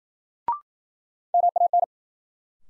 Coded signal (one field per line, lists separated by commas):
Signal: Morse code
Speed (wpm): 52 wpm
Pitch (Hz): 700 Hz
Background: none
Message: MAN